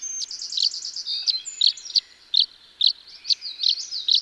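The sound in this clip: Tree swallow twittering rapidly, a tumbling chatter of high notes that slows into separate sharp chirps.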